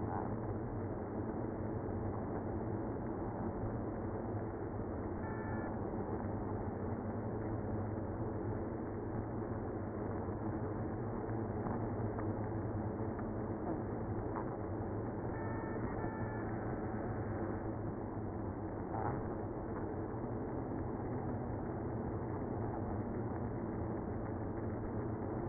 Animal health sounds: honeybee colony, microphone inside the hive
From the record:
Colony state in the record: queenless (queen removed); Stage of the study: after two queens were removed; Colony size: about 60,000 bees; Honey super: yes

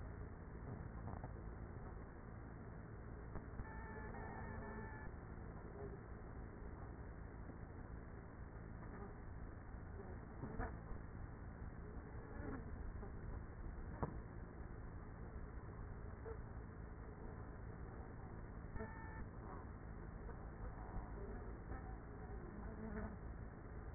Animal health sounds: honeybee colony, microphone inside the hive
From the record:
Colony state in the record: queenless with a low population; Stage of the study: after two queens were removed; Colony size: about 30,000 bees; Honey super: no

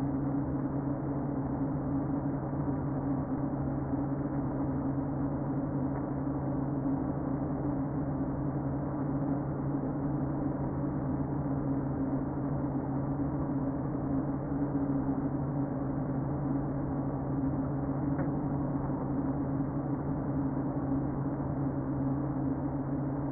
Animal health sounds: honeybee colony, microphone inside the hive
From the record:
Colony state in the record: queen present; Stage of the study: before two queens were removed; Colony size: about 60,000 bees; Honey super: yes

